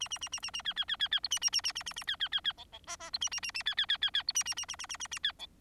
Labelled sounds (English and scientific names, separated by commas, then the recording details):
Bengalese Finch (Lonchura striata domestica) song
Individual Bird4